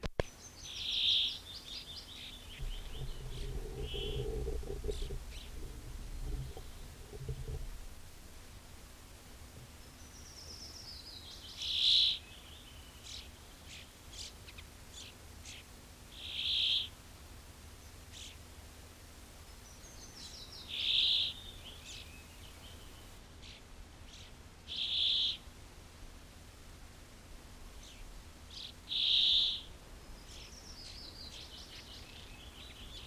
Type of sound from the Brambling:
song